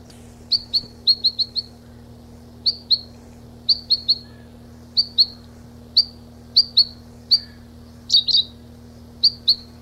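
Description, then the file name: Long-tailed rosefinch giving bright, clipped high chip notes, some in quick pairs or runs of three, roughly twenty across ten seconds, with a low steady hum beneath. 26 April 1992. "26 04 92 Uragus"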